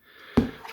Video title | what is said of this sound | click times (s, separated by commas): Fried Egg Indicator Delete - The Carina Journey Episode 134 | you'll hear a satisfying click when these little tags lock in so hopefully then | 0.4 s